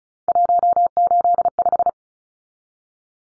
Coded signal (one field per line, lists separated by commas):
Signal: Morse code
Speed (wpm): 34 wpm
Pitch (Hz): 700 Hz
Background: none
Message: 185